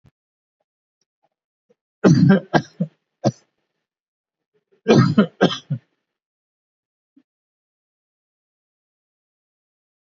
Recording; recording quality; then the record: shallow voluntary cough; excellent, no background noise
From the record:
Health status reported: COVID-19 positive, moderate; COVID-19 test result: positive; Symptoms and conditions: cough, breathing difficulty, fever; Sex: male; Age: 42 years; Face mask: not worn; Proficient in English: yes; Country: India